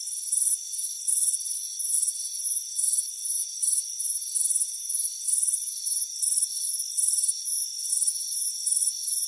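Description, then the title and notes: High cricket chirps pulse about twice per second, uneven in strength, over a thin constant ringing drone. "Soothing Crickets Chirping Sound. It's a warm afternoon as you relax in a hammock on the front porch. Relax and fall asleep to the soothing sound of chirping crickets. Deep Sleep Sounds"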